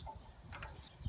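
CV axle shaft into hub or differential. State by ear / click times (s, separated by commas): partly seated / 0.5 s, 0.6 s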